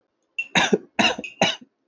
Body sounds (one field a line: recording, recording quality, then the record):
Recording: shallow voluntary cough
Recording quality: excellent, no background noise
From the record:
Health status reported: healthy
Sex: female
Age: 56 years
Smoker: no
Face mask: not worn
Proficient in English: no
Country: India